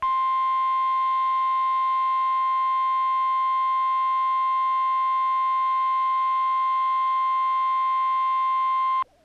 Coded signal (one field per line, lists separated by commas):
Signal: Emergency Alert System (SAME) tones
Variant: 1050 Hz attention tone